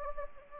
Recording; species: mosquito wingbeat signal from an infrared sensor; Anopheles gambiae